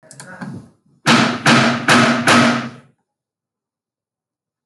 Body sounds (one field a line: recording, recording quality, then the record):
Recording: sustained vowel as in made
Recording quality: poor, much background noise or distortion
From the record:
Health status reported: healthy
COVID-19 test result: not tested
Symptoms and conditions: cough, cold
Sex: female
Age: 25 years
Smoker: not ticked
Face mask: not worn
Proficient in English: yes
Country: India